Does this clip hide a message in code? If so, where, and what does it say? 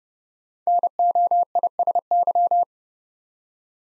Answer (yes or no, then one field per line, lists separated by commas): yes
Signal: Morse code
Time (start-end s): 0.7-2.6 s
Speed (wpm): 30 wpm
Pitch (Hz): 700 Hz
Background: none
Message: NOISY